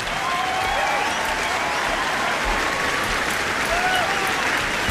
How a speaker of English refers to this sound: So once again, applause